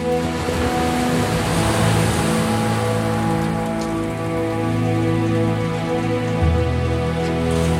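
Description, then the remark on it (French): Heavy rain pours down in a dense, steady hiss that never lets up, with a low sustained tonal drone running underneath and no voices. “Au bout de 40 jours, la pluie cesse enfin de tomber.”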